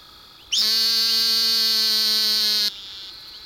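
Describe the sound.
Great Plains narrow-mouthed toad producing a single loud, flat buzz lasting about two seconds, beginning with a brief upward slur.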